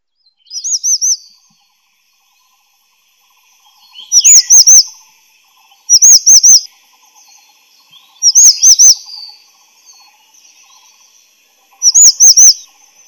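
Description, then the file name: Grey-chinned minivet singing high, sweet whistled phrases of three or four quick looping notes, given every few seconds with quiet pauses between. "灰喉山椒鳥"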